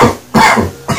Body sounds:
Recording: coughing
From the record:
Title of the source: Spring Cold Coughing 2

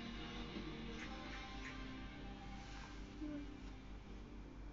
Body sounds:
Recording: background sound without coughing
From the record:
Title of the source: BackgroundMusic

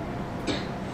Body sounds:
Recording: coughing mixed with background sound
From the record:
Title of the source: female coughing - coughing sound effects girl

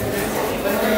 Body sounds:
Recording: background sound without coughing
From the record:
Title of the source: 40 min - Ambience sounds UNIVERSITY lunchroom chatting

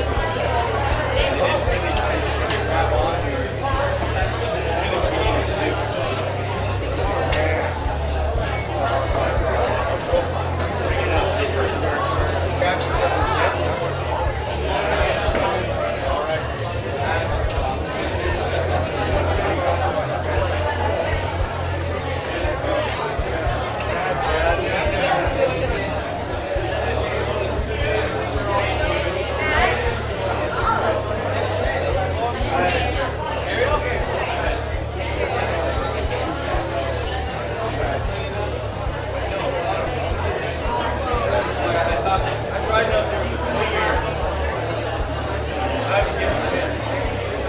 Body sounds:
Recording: background sound without coughing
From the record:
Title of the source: CITY SOUNDS Busy Bar in the Evening Night - 2 HOURS of Ambiance for Relaxation

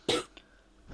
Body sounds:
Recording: coughing mixed with background sound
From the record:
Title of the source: 30 Chesty and wet cough

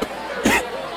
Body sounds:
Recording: coughing mixed with background sound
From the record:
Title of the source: 61 morning phlegmy cough...again

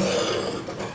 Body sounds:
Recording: coughing mixed with background sound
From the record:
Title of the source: Cough Around the Clock!

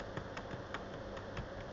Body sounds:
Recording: background sound without coughing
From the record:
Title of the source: wind

